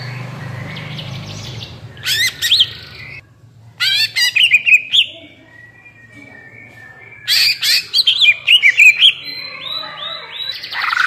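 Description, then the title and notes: Greater green leafbird song: bursts of clear whistled warbling and chattering notes, separated by short quiet gaps. Actively singing (gacor, ngentrok) greater green leafbird with crest raised (jambul nembak), described as melodious; suited as masteran, a tutor for training captive greater green leafbirds. "Cucak Ijo Gacor Ngentrok Jambul Nembak. suara burung cucak ijo gacor, merdu cocok buat masteran burung cucak ijo"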